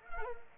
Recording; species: mosquito wingbeat signal from an infrared sensor; Anopheles arabiensis